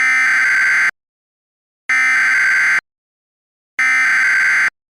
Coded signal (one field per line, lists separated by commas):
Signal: Emergency Alert System (SAME) tones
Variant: header bursts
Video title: EAS SCENARIO: Tall Travelling Ghouls (Part 2)